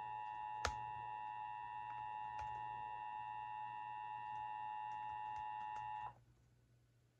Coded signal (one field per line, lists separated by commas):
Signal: Emergency Alert System (SAME) tones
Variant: 853 and 960 Hz attention tone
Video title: EAS 1971: Colorado Amber Alert Expansion